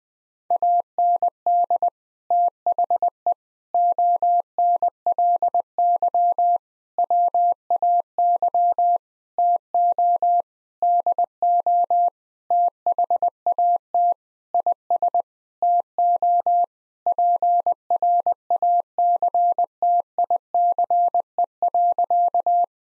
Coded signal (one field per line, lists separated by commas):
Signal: Morse code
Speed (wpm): 20 wpm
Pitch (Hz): 700 Hz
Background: none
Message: AND THE ONLY WAY TO DO THAT IS TO PRACTICE.